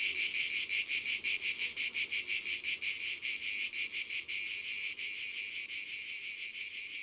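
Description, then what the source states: Cicadas singing a shrill buzz in quick regular pulses, about three a second, the beats softening into a steadier drone later on. Cicadas recorded at Ribes, Ardèche, France, as part of a sound-ambience collection by Studio Les Trois Becs.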